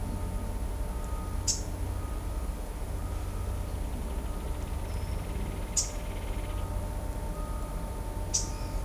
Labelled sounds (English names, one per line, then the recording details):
Blue-gray Tanager
Straight-billed Woodcreeper
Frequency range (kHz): Straight-billed Woodcreeper 1.5-5.0 kHz
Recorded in shrubland near Pivijay, Magdalena, Colombia, on 2 June 2023 at 16:00
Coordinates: 10.453, -74.365
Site P5-G022